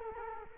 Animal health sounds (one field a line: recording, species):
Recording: mosquito wingbeat signal from an infrared sensor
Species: Culex quinquefasciatus